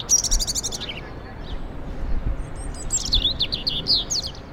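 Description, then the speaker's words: European robin singing two high, rapid, twittering and warbling phrases separated by a short pause. Male robin singing, played as a recording to compare male and female song. "First off, we can have that male robin singing again."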